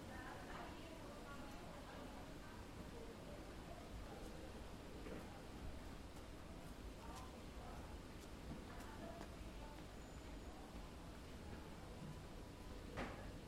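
Voices murmur and chat at a flower market, with people talking over one another in a steady crowd. A constant low rumble of traffic runs underneath, and occasional short knocks and clatters break through, one sharper clack near the end.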